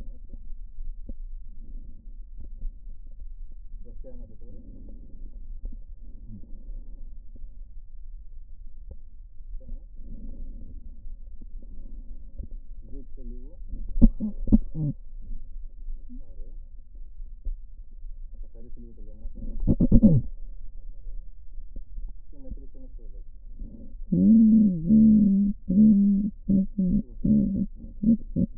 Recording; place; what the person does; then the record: lung sounds by stethoscope; right posterior apical chest; quiet breathing, then cough and speech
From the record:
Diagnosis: COPD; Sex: female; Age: 72 years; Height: 156 cm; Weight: 72 kg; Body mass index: 29.6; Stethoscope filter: diaphragm mode